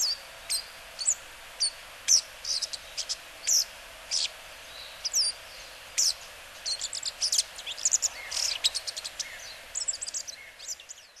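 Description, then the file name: Bull-headed shrike giving a steady series of sharp, high notes, then faster broken twittering toward the end. Recorded in Kaji, Hyogo. "mozu hyogo kaji"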